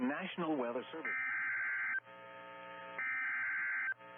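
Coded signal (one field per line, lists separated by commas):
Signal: Emergency Alert System (SAME) tones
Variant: header bursts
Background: speech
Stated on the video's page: Derecho alerts received on NOAA Weather Radio.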